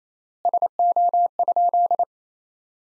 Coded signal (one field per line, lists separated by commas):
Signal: Morse code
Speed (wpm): 28 wpm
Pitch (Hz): 700 Hz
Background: none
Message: SO?